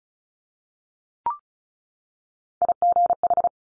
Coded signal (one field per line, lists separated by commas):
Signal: Morse code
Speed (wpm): 36 wpm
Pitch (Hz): 700 Hz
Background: none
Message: IGH